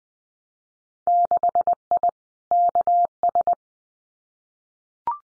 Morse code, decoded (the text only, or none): 6I KS